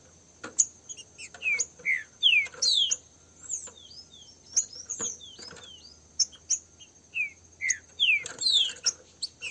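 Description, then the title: Green-winged saltator whistles: many short slurred notes in quick succession, over clicks and a low hum. Free-flying pair in a song dispute. "Canto De Trinca Ferro. LINDA DISPUTA com casal de trinca ferro solto"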